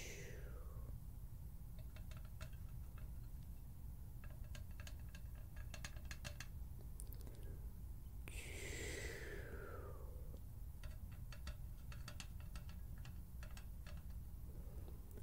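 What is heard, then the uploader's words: Crisp hand sounds and quick fluttering taps come in clustered bursts, with short sharp snips that suggest scissors. Twice, around the start and near eight seconds, a brighter sweeping swish falls in pitch. A steady low hum sits underneath throughout. HAND SOUNDS, FINGER FLUTTERING, SCISSORS SOUNDS.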